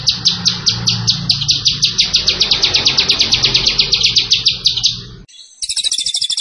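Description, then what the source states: Zebra finch delivers a long, fast, high trill of evenly repeated notes for about five seconds, then a brief pause and a sharper, higher trill. Master recording for training cage birds; the zebra finches (burung tembakan) described as gacor, singing actively.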